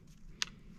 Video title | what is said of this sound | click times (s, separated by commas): Is Old Rag Worth it in the Rain? | right? With just a little click click. | 0.4 s